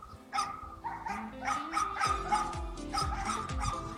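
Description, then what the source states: Dogs barking and yipping in short bursts, with whining tones. Stray and collared dogs in a park near the ring road in Beijing, greeting each other as they meet; cold afternoon.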